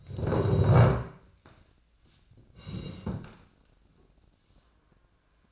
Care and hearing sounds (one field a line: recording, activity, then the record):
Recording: daily activity, microphone in the room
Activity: sit down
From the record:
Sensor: 2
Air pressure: 1012.1 hPa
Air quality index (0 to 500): 158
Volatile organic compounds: 2 ppm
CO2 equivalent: 1162 ppm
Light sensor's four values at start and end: 67/152/71/85 and 71/160/75/86